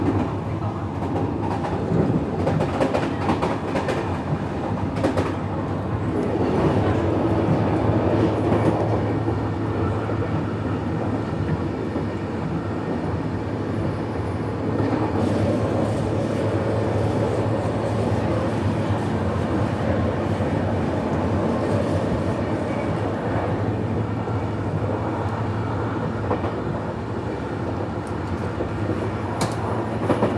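An evening train ride, the carriage rattling steadily over the tracks with a dense low rumble throughout. The loudness barely changes across the half minute, with brief brighter clatters and squeaks around 5, 9 and 15 seconds, and no voices.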